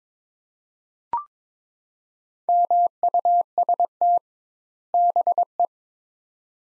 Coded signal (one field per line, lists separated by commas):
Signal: Morse code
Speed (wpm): 22 wpm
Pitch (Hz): 700 Hz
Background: none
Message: MUST BE